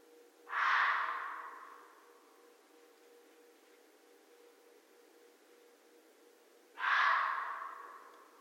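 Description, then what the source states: Red fox with two rasping, breathy barks about six seconds apart, each sudden and then trailing off slowly, quiet in between. Recorded 13 January 2012.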